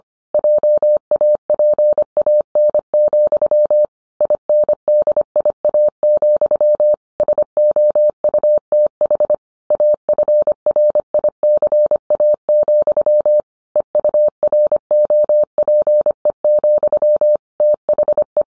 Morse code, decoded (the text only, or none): JAPAN, INDIA, SOUTH AFRICA, EUROPE, THE